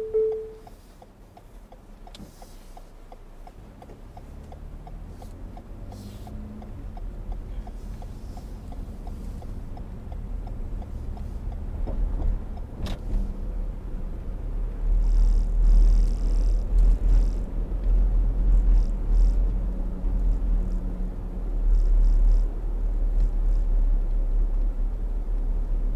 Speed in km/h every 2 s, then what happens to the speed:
6, 3, 11, 15, 23, 29, 31, 34, 37, 40, 42, 39, 39.
3-17 speeds up to 40. 17-26 steady at about 39.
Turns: 0-9.